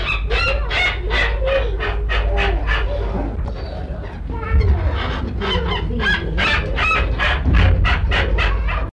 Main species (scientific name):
Anthracoceros coronatus